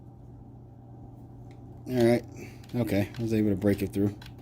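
A light-load kit part is worked by hand into its retainer on a Kalashnikov USA Komrad 12 semi-auto shotgun. There is a faint tick at 1.5 s in a quiet room hum, then someone talks from about 1.9 s to the end. Nothing has seated or clicked home yet.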